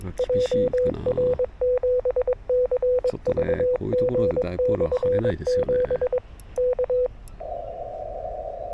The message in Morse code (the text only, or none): JR7CVG/7 K